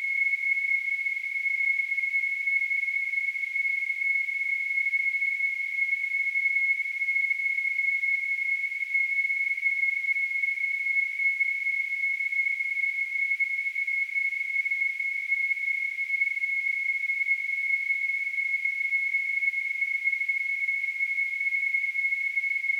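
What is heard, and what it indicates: A steady, high-pitched pure tone near 2 kHz holds unchanged for about 23 seconds, with a faint hiss above it. It is a simulation of tonal tinnitus, the constant ringing some people hear without any outside sound.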